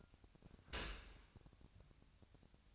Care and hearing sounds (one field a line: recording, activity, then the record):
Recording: daily activity, microphone in the room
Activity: open dishwasher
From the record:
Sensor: 2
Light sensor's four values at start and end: 9/22/9/9 and 9/22/9/9